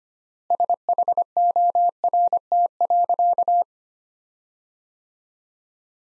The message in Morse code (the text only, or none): SHORT.